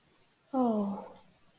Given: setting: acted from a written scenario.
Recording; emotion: vocal sound without words; disappointment